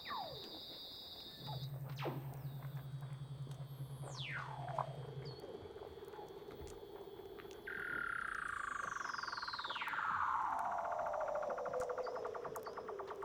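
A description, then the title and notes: Weddell seals call underwater with long descending whistles, a low buzzing drone, and steady tones, ending in a loud trilling glide down near ten seconds. Douglas Quin - Weddell Seals (Underwater).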